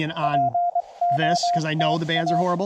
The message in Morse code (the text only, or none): POTA